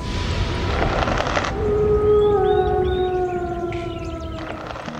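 A lone wolf lets out one long, drawn-out howl at night that holds a steady mid pitch, then slowly fades. A constant rushing hiss runs underneath, and no one speaks.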